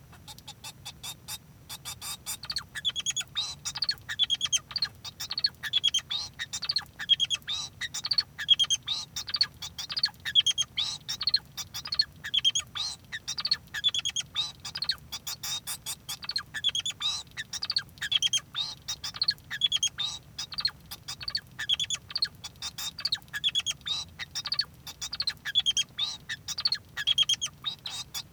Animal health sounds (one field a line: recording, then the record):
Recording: song of a male Bengalese finch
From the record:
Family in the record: son of father 2